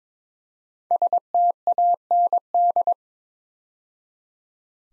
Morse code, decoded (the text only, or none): STAND